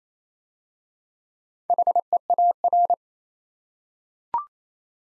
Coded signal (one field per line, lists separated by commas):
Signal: Morse code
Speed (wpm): 28 wpm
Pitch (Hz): 700 Hz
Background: none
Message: HEAR